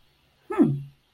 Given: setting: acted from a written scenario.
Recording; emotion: vocal sound without words; interest